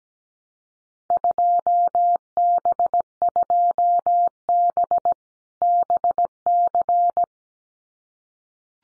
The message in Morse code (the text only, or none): 2B2B BC